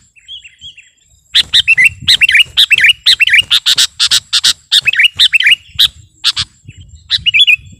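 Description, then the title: Sooty-headed bulbul song: a rapid run of short, bubbly, liquid phrases, about two per second after a brief quiet opening, with a faint low rumble beneath. "kutilang"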